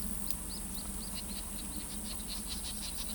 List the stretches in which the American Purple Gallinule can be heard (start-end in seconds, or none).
0.00-3.15